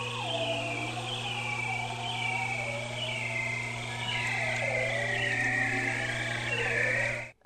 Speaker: ice-loving seals in both the Antarctic and the Arctic will produce, again, males will produce complicated songs during the breeding season. And this is an example of a sound produced by an Arctic seal.